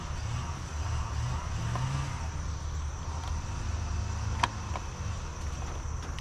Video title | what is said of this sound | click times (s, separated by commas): Early Fall flower bed clean up and lawn maintenance | You want to hear that click, so I got it. | 4.4 s